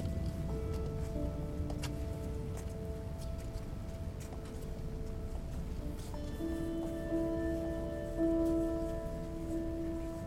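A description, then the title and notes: People walk the labyrinth in a large indoor space, with soft scattered footsteps and shuffles over a constant low rumble. Sustained ringing tones hang in the air, shifting to a new, lower pitch around six seconds and swelling slightly near eight seconds. Grace Cathedral Labyrinth Walk. People walking the labyrinth at Grace Cathedral, California St.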